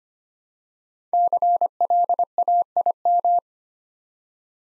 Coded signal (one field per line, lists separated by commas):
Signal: Morse code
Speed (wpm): 25 wpm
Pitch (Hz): 700 Hz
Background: none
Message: CLAIM